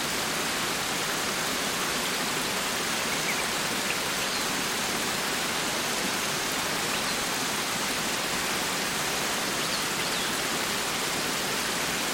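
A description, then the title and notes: A waterfall roars without pause, its hiss filling everything from a low rumble up to a bright spray at the top. The sound is dense, holding the same level for the whole twelve seconds with no distinct events breaking through. Under the Waterfall.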